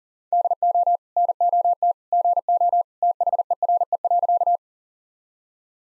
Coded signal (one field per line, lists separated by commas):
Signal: Morse code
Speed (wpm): 40 wpm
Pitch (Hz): 700 Hz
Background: none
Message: DO NOT GO THERE.